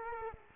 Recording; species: mosquito wingbeat signal from an infrared sensor; Culex quinquefasciatus